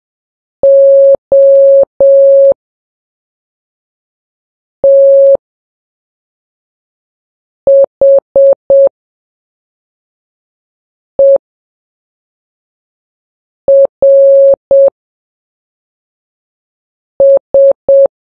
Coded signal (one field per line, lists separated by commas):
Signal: Morse code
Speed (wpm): 7 wpm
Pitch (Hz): 550 Hz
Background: none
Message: OTHERS